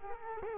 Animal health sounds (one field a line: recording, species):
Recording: mosquito wingbeat signal from an infrared sensor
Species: Culex quinquefasciatus